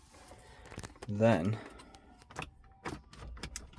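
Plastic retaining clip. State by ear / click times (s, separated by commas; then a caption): released / 3.6 s. A release tool is pushed in under the button on the second side of a dashboard unit in a Mk4 Golf GTI 1.8t while someone talks, with small rattling taps along the way. A sharp click at 3.6 s marks the retaining clip releasing its catch inside, freeing the unit to pull out.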